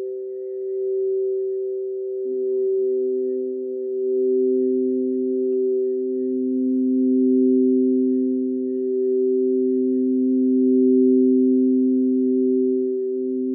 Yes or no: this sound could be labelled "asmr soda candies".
no